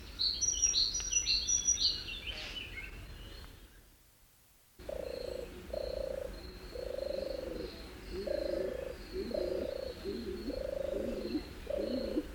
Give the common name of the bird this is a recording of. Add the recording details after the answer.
Stock Dove. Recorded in the wild. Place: Ciucurova, Dobrogea, RO. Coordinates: 44.933, 28.483. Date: 1976-05-30 07:10. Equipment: Nagra III BH, Sennheiser MD 21, parabola. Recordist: Schubert, Michael